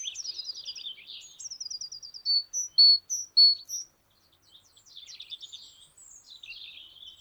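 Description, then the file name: Great tit singing three short paired whistles, high then lower, amid rapid trills and chatter before and after. "Parus major"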